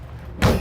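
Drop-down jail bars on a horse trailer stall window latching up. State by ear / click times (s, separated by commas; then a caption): seated / 0.4 s. Metal drop-down jail bars on a stall window of a 2021 Cimarron Norstar 4 Horse Gooseneck trailer are raised and latch in the up position. A single sharp thunk is heard at 0.4 s against a low background rumble, and the bars are seated in place.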